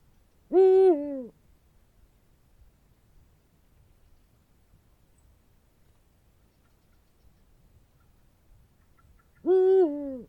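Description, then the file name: Eurasian eagle-owl hoots: two deep, two-part calls, steady then dropping slightly, about nine seconds apart, with quiet pauses between. "uhu bagoly hangja"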